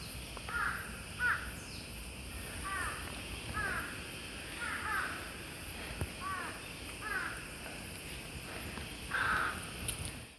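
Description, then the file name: Ryukyu large-billed crow giving harsh, arched caws, repeated in a loose series, over a steady high background hiss. "ryuukyuuhasibutogarasu"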